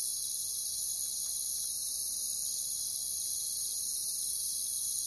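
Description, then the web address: Crickets trilling in a dense, steady high-pitched chorus that stays constant throughout, with no other clear sounds. "Natures Songs Sleep Sounds of Nature CRICKETS Crickets"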